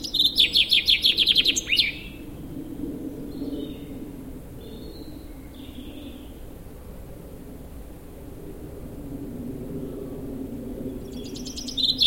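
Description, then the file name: Common chaffinch song: a loud, fast trilled phrase in the first two seconds, then quiet with faint chirps and a new phrase starting at the very end. "Fringilla coelebs"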